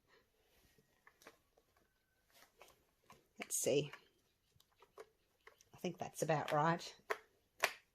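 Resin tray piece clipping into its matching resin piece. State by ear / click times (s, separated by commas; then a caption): seated / 7.1 s, 7.6 s. Cast resin pieces of a huge flame-effect resin tray are handled and pressed together, with light taps and clicks while someone talks. The pieces clip into their matching resin pieces with two sharp snaps at 7.1 s and 7.6 s, seating in place.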